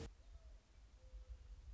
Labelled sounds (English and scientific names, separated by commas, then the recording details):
Mourning Dove (Zenaida macroura)
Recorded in Sonoma County, California